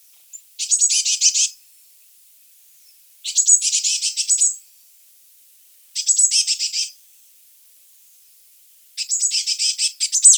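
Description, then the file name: Eurasian blue tit harsh churring rattles about a second long, four bursts spaced roughly every three seconds, with quiet between them, the last running to the end. "Cyanistes caeruleus"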